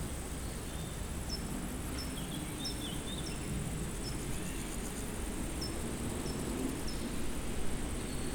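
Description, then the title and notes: Meadow insects stridulating in a steady high-pitched hiss, with short whistled bird notes repeating over a strong low rumble. Insects stridulating in a dry meadow on a hot day, wind stirring foliage, some birds singing from nearby woods; Chindrieux, France. "348-862 Rue de Vars, Chindrieux, France - Prairie stridulante. Par une chaude journée , les insectes stridulent dans une prairie sèche"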